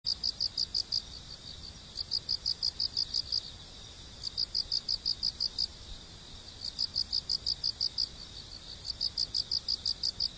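Haraokame cricket chirps in regular high-pitched pulse trains, each burst roughly a second and a half long with short pauses between, repeated steadily throughout.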